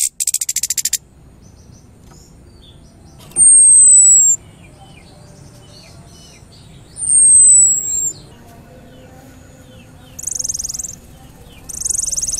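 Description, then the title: Orange-headed thrush calls: two long, thin, high whistles, each gently descending and a few seconds apart, framed by scratchy buzzy rattles at the beginning and end. Orange-headed thrush giving "cip" and "brebetan" call types. "Anis Merah Suara Cip & Brebetan"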